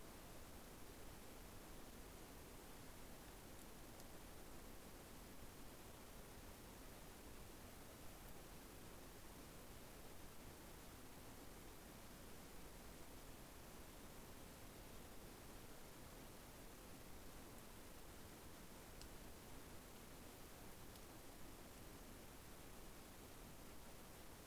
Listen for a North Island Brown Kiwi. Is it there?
no